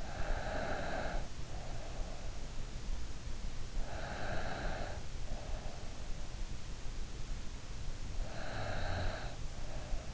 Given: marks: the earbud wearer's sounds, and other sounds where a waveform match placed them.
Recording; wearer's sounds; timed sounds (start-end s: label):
sounds in sleep by an in-ear microphone; snoring breath
0.00-2.28 s: snoring breath
3.89-5.81 s: snoring breath
8.22-10.14 s: snoring breath